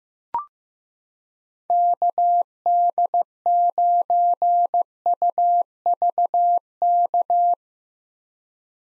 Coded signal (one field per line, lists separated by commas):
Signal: Morse code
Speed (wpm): 15 wpm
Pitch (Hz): 700 Hz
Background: none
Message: KD9UVK